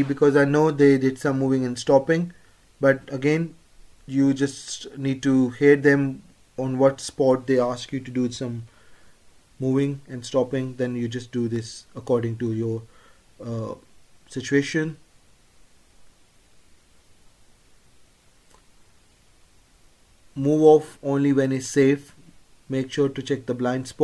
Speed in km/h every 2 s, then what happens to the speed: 8, 0, 0, 0, 0, 0, 0, 0, 3, 8, 10, 11.
0-2 brakes to 0. 2-15 standing. 15-24 pulls away to 11.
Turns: none.